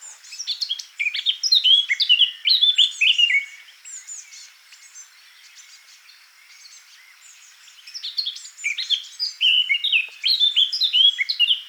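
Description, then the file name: Eurasian blackcap song: two bursts of rich, fluting warbled phrases sliding between mid and high pitch, separated by a quieter stretch of soft high twittering. "Sylvia atricapilla"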